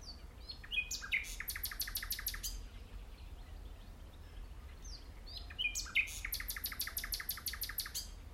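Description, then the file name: Common nightingale song: two similar phrases, each starting with soft whistles and ending in a loud, rhythmic series of repeated pulsed notes. "Luscinia megarhynchos"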